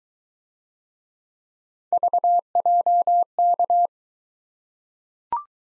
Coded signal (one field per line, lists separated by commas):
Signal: Morse code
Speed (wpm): 20 wpm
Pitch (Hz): 700 Hz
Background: none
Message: VJK